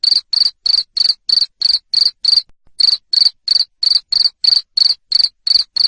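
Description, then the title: Cricket sounding rapid, piercing chirps about three per second, with one brief pause before continuing. Loud cricket chirping used to stimulate lovebirds to sing continuously. "Suara JANGKRIK NGERIK Keras Bikin LOVEBIRD Jadi NGEKEK Terus Vubey"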